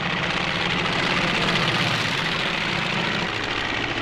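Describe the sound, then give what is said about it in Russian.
A steady, loud drone of six U-2 biplanes flying over a field, a continuous buzzing roar with a low throbbing rumble underneath, holding even for the whole stretch with no voices. “Над полем пролетает 6 самолетов У-2.”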